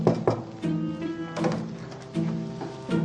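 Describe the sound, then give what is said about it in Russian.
A couple of sharp knocks at the start, followed by the door to the office of the head of a military enlistment office being opened, with a long drawn-out, tonal creak and a few more dull thumps as it moves. “Чтобы больше узнать об этом человеке, оперативник направился в другую дверь, в кабинет начальника военкома.”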